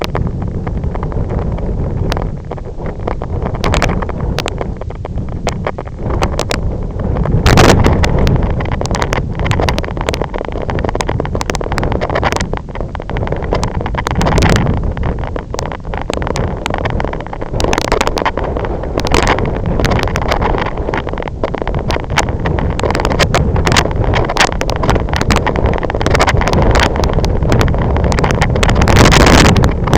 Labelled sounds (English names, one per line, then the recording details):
none
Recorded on Arctic tundra, site IGLO-F, on 25 June 2018
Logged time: 14:00